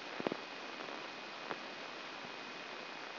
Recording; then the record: brain microelectrode recording played as sound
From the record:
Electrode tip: outside the subthalamic nucleus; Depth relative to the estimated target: 4 mm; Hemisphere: right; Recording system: AlphaMap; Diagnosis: Parkinson's disease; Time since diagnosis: 16 years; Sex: male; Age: 60 years